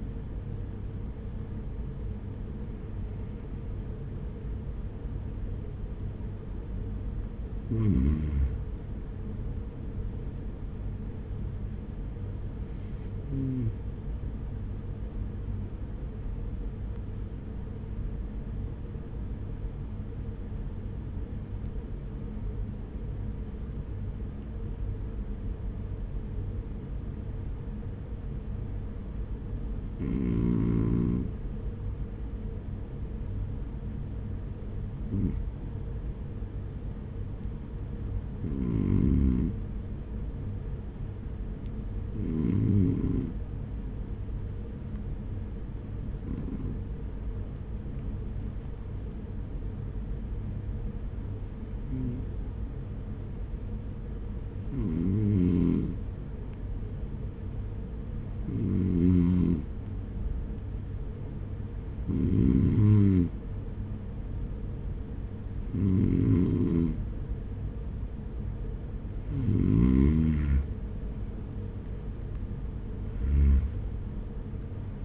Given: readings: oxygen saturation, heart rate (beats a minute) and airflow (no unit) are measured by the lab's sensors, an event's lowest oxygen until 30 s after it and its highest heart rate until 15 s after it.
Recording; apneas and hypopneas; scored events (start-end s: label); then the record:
breathing in sleep by a smartphone at the bedside; 1
13.00-68.80 s: hypopnea (REM, oxygen 96% highest, then 91% lowest, heart rate 52 at the start, 64 highest)
From the record:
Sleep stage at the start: REM sleep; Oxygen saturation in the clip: 91 to 96%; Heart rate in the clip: 50 to 63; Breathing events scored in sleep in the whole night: 210 in 6.9 hours asleep